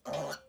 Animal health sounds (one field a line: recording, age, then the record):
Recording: pig call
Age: piglet (1 to 25 days)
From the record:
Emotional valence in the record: negative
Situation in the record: restrain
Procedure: back test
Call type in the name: low-frequency call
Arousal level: medium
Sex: female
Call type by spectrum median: low-frequency call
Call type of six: low-frequency stable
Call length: 0.49 s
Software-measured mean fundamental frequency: 53 Hz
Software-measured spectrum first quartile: 553 Hz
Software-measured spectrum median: 880 Hz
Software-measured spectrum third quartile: 2720 Hz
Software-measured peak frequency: 577 Hz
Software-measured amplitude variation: 178 dB a second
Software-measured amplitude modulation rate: 17.4 a second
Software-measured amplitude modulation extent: 10.2 dB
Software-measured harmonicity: 2.2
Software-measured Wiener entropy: -2.05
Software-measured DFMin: 832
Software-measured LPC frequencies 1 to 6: 623, 1379, 3277, 4395, 5897, 6565 Hz